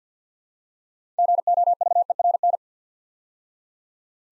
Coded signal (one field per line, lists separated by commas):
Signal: Morse code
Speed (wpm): 48 wpm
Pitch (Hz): 700 Hz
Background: none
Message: GOVERN